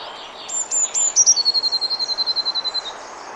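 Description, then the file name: Eurasian blue tit song: several very high piercing notes, then a long, rapid, evenly pulsed trill at a lower pitch, over soft background noise. "Cyanistes caeruleus"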